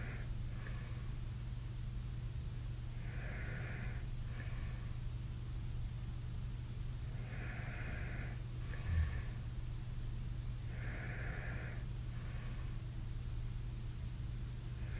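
Snoring from an adult sleeper.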